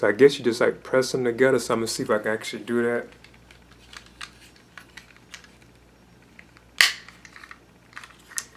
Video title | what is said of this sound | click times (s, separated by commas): McFarlane Toys DC Multiverse Nightwing Figure Review | you actually do you hear it click together when you do it as you can see so that's half of the UH the | 6.8 s